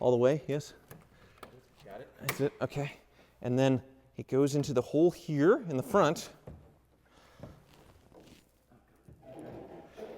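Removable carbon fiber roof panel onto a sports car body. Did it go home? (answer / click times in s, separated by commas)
no / none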